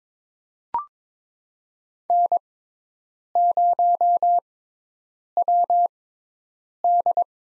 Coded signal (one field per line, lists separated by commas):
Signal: Morse code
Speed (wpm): 22 wpm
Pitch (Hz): 700 Hz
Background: none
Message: N0WD